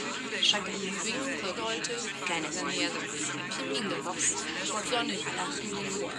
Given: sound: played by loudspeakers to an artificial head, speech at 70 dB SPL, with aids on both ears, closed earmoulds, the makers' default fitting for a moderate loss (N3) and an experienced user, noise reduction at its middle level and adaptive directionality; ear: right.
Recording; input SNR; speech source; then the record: speech test signal (ISTS) in cocktail-party noise; -6 dB; on the right (90 degrees)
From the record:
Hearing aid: class 2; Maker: E